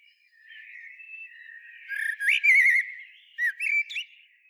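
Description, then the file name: Common blackbird delivering a short fluted warble with a wavering whistled note and a couple of squeaky notes at the end. "Turdus merula"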